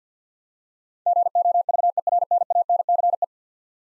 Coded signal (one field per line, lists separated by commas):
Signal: Morse code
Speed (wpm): 45 wpm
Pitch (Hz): 700 Hz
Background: none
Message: GOVERNANCE